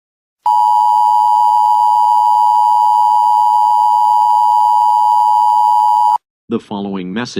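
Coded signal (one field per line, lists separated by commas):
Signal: Emergency Alert System (SAME) tones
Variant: 853 and 960 Hz attention tone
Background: speech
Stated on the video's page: Fictional EAS scenario made for entertainment.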